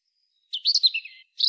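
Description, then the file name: European robin, a brief, hurried warbled phrase of squeaky, descending twitters lasting under a second, with another note beginning at the end. "Erithacus rubecula"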